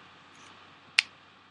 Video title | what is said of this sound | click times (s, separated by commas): zaku warrior/phantom rey/luna maria 1/100vs1/144 part 1 | you can hear clicks | 1.0 s